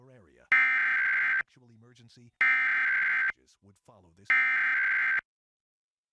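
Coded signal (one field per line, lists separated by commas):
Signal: Emergency Alert System (SAME) tones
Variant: header bursts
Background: speech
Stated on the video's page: EAS tones from Pennsylvania's monthly required test.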